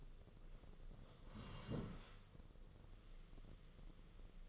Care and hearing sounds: daily activity, microphone in the room; sit down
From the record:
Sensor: 4

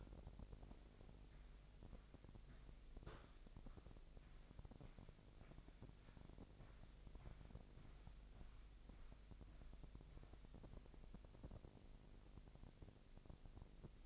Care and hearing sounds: daily activity, microphone in the room; walk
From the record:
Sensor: 5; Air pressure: 1001.7 hPa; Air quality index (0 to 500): 182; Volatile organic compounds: 12 ppm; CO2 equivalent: 2342 ppm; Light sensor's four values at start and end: 30/101/38/40 and 30/100/38/40

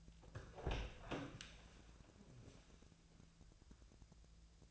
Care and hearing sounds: daily activity, microphone in the room; open door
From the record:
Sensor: 2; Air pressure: 1000.3 hPa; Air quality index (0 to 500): 170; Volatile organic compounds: 3 ppm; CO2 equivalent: 1417 ppm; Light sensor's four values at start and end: 10/25/10/11 and 10/25/10/11

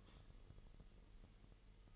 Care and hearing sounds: daily activity, microphone in the room; typing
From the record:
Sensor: 4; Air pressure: 1002.9 hPa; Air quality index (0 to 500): 248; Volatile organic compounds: 19 ppm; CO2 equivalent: 2652 ppm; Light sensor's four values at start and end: 5/12/4/5 and 5/12/4/5

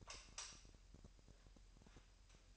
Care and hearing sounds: daily activity, microphone in the room; light off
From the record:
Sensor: 2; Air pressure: 1001.8 hPa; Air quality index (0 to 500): 240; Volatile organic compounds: 31 ppm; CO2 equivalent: 2981 ppm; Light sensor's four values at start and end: 8/20/9/9 and 4/10/4/4

